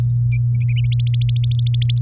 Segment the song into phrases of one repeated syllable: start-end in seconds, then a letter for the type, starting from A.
0.99-1.94 A